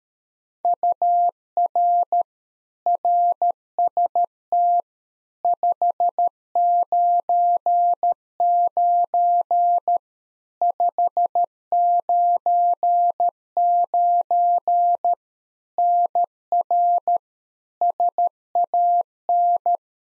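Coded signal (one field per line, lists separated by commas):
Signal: Morse code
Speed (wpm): 13 wpm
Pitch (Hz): 700 Hz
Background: none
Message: UR RST 599 599 NR SAN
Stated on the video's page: Practice CW QSO exchange for head-copy at 13 wpm; beginning segment.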